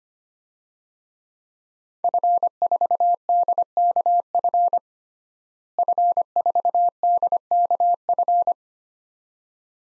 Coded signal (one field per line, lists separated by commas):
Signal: Morse code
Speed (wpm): 25 wpm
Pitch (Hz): 700 Hz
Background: none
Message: F4DKF F4DKF